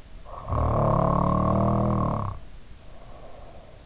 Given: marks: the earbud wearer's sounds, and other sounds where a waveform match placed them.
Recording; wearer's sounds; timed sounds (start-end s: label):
sounds in sleep by an in-ear microphone; snoring breath
0.35-3.66 s: snoring breath